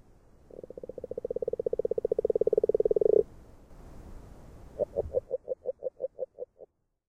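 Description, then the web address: Agile frog calling: a long, fast run of low pulsed croaks that swells in loudness, then a short pause and a slower series of about ten separate knocking notes. "Fotoim Hangok Rana dalmatina"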